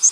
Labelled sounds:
Northern Waterthrush (Parkesia noveboracensis) flight call

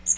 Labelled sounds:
Magnolia Warbler (Setophaga magnolia) flight call

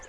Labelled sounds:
Lucy's Warbler (Leiothlypis luciae) flight call

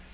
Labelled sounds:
Black-throated Green Warbler (Setophaga virens) flight call

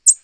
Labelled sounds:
American Redstart (Setophaga ruticilla) flight call

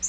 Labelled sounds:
Yellow-rumped Warbler (Setophaga coronata) flight call

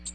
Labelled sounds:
American Redstart (Setophaga ruticilla) flight call

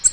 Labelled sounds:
Nashville Warbler (Leiothlypis ruficapilla) flight call

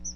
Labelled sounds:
Chestnut-sided Warbler (Setophaga pensylvanica) flight call

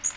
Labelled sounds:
Magnolia Warbler (Setophaga magnolia) flight call

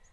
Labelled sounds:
Lucy's Warbler (Leiothlypis luciae) flight call

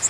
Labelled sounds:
Black-and-white Warbler (Mniotilta varia) flight call

